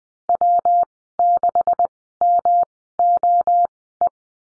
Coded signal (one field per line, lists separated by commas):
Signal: Morse code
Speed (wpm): 20 wpm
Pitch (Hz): 700 Hz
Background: none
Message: W6MOE